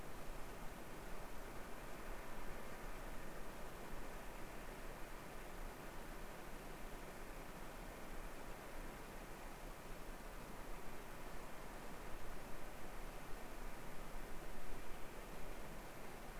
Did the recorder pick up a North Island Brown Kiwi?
no